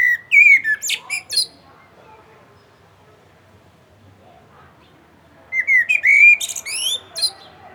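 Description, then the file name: Common blackbird: two loud song phrases of clear flute-like whistles followed by high scratchy chatter, separated by a quiet gap of about four seconds. "Turdus merula"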